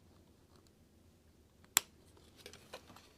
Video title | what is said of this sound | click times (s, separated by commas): Agora Models Lamborghini MIURA Pack 1, Stages 1 to 6 | they snapped right in | 1.8 s